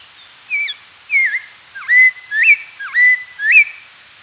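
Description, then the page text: Spotted laughingthrush singing a run of clear whistles, some falling and others dipping then rising, six phrases about half a second apart. "Spotted Laughingthrush Song Sound Effect. Quick Sounds"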